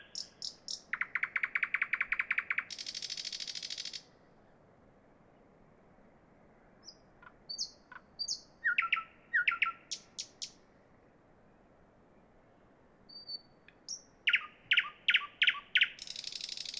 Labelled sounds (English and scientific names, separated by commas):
Thrush Nightingale (Luscinia luscinia) song